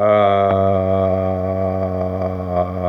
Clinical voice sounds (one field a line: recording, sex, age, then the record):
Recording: sustained vowel /a/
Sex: male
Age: 50 to 59 years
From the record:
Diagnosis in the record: amyotrophic lateral sclerosis, spinal onset 5 months earlier, bulbar signs present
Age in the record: 58 years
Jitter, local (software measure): 1.21%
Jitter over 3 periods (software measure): 0.73%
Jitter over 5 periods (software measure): 0.66%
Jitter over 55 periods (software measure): 1.21%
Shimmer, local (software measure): 8.5%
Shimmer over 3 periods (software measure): 4.1%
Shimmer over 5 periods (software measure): 5.4%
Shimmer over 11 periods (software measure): 8.0%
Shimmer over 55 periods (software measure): 11.2%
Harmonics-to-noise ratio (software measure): 8.4 dB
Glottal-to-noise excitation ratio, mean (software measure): 0.88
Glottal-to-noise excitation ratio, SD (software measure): 0.035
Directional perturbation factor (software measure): 73.8%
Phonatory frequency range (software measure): 0.36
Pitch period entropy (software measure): 2.03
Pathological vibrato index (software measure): 0.78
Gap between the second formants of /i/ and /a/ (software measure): 759 Hz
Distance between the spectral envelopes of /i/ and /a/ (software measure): 8.4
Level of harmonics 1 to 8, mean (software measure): -13.3, -14.9, -21.4, -21.8, -16.9, -14.3, -11.7, -24.6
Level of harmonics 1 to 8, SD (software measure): 1.7, 1.6, 1.7, 5.3, 4.0, 6.3, 5.5, 5.3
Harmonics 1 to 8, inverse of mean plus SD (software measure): 0.066, 0.061, 0.043, 0.037, 0.048, 0.049, 0.058, 0.033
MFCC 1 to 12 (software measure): 3.9, -6.1, -6.1, -3.1, 1.6, 7.5, 1.4, 8.1, -14.5, -8.5, 7.6, -0.8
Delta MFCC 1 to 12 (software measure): -0.002, 0.021, 0.020, 0.007, -0.010, 0.006, -0.017, -0.016, 0.026, 0.037, 0.006, 0.020